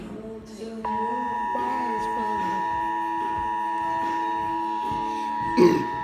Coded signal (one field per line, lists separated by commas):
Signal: Emergency Alert System (SAME) tones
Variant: 853 and 960 Hz attention tone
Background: speech, music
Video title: EAS #95 Flash Flood Warning